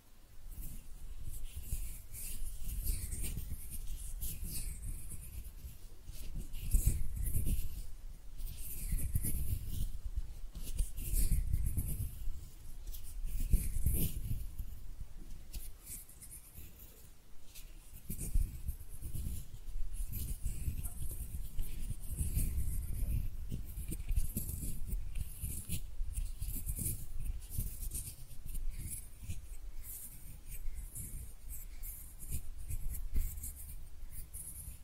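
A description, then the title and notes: Hand sounds with no talking: steady rubbing and scratching, like palms or fingers moving over skin or paper. The scraping runs nearly continuously for the whole stretch, with soft low thumps and brighter hissy swells coming and going every second or two. ASMR Relaxing Hand Sounds (No Talking).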